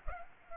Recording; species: mosquito wingbeat signal from an infrared sensor; Culex pipiens